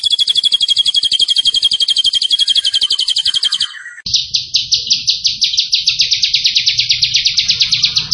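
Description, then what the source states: Zebra finch gives a high buzzy rapid trill that drops lower at the end, then after a cut a second, broader trill of fast repeated notes. Master recording for training cage birds; the zebra finches (burung tembakan) described as gacor, singing actively.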